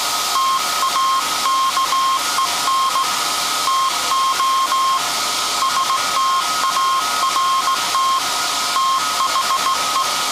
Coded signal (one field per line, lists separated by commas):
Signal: Morse code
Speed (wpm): 18 wpm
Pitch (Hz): 1070 Hz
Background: none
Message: TAKEN TO START THE